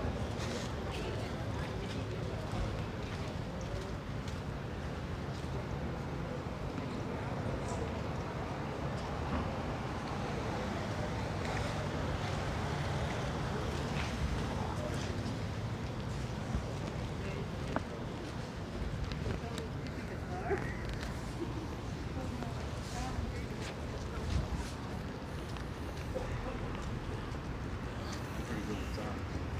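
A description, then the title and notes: Outdoor city sounds in Philadelphia: a steady low rumble of traffic runs underneath a busy mix of voices talking. Wind buffets the microphone throughout, and a few short knocks and clicks stand out near the middle and end. Sounds of Philadelphia. Love park.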